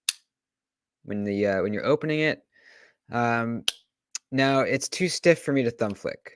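A backlock folding knife is opened, and its lock bar drops into the notch in the blade tang with a sharp click at 0.1 s, seating the blade locked open. Someone then talks over the rest of the clip.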